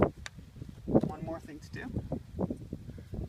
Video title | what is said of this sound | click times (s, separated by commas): Versa hatchback won't open fix 80500-EL01B | the front till it clicks in | 0.0 s, 0.3 s